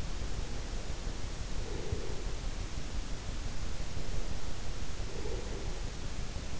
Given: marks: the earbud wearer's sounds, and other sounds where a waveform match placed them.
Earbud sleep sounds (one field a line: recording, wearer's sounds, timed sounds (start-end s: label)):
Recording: sounds in sleep by an in-ear microphone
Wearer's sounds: breath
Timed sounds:
0.19-2.26 s: breath
4.02-5.67 s: breath